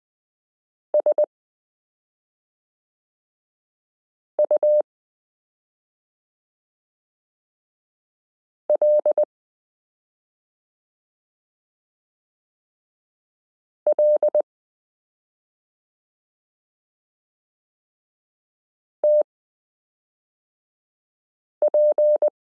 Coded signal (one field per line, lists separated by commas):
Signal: Morse code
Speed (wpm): 20 wpm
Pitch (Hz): 600 Hz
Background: none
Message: SU L L TP